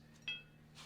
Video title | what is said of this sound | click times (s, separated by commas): 2011 - 2016 Ford F250 Spare Tire Location - How To Remove F-250 Super Duty Spare & Jack Change Flat | just fit that over until it locks into place | 0.3 s